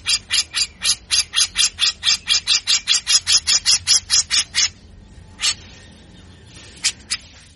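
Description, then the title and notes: Grey-cheeked bulbul producing a steady string of about twenty coarse, squawky notes over five seconds, followed by a few scattered single notes. Master recording for training caged birds; bird singing actively in full harsh besetan (rasping chatter) style; said to draw a response from any bird of this species. "MASTERAN CUCAK JENGGOT GACOR FULL BESETAN KASAR DURASI PANJANG !!!. Langsung Respon Cucak Jenggot Model Apapun Dengar Besetanya. Burung cucak jenggot"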